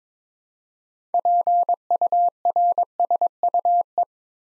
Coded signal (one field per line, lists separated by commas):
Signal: Morse code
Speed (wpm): 23 wpm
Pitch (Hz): 700 Hz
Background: none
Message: PURSUE